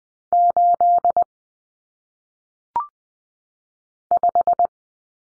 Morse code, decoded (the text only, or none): 8 5